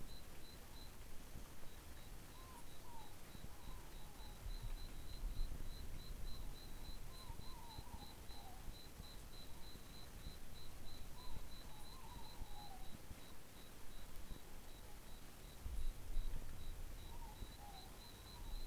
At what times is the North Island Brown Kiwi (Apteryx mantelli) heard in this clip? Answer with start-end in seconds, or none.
none